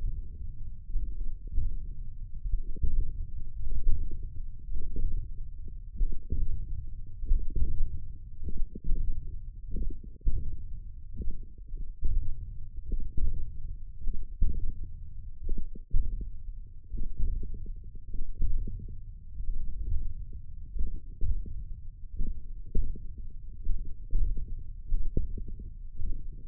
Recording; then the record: forearm muscle sounds (acoustic myography)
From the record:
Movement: hand opening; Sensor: system 1, eight BSWA MPA416 microphones around the upper forearm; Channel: 6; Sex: male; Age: 42 years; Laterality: right